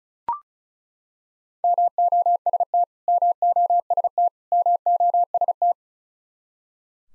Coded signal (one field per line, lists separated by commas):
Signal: Morse code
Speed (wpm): 36 wpm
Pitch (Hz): 700 Hz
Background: none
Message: MOST MOST MOST